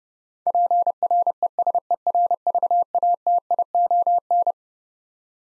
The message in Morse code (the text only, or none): PRESERVATION